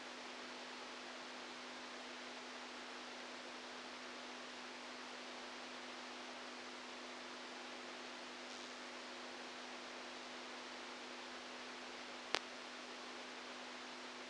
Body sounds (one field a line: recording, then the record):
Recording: brain microelectrode recording played as sound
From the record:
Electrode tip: outside the subthalamic nucleus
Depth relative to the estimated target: -6 mm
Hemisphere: right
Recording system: NeuroSet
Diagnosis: Parkinson's disease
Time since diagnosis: 10 years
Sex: male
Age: 65 years